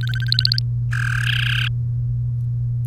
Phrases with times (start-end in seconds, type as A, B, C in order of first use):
0.01-0.59 A, 0.93-1.68 B